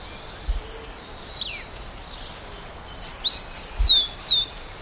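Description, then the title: Bird giving faint scattered chirps, then a burst of five loud, high, slurred whistles near the end, with soft environmental noise throughout. "LuckyPassaro Completos2Sama"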